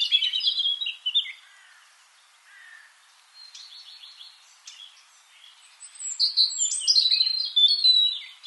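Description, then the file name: European robin song in bursts: a warbling opening, quieter twitters midway, then a loud run of high tinkling notes and trills near the end. "Erithacus rubecula"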